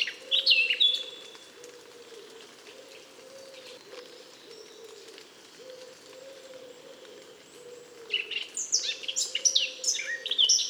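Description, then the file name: Eurasian blackcap song: short bursts of rapid warbling at the start and end, with a low note repeated about once a second throughout. "Sylvia atricapilla"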